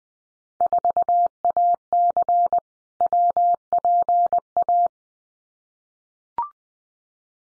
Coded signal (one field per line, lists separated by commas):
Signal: Morse code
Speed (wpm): 20 wpm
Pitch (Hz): 700 Hz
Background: none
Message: 4AC WPA